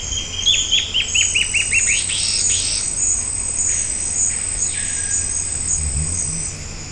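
Bird song: a rapid run of short, sharp downslurred notes ending in a brief jumbled flourish, over a steady high insect drone.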